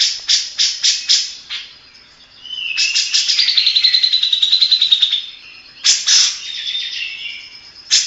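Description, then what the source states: Grey-cheeked bulbul song: a few sharp chattering notes, then a long rattling trill with slurred whistles woven in, a short pause, and more harsh chatter. Masteran recording used to train other birds; local name cucak jenggot.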